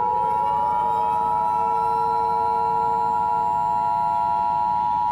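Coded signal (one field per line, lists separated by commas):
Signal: Emergency Alert System (SAME) tones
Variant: 853 and 960 Hz attention tone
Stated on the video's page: Fake horror scenario about a zombie virus; not a real alert.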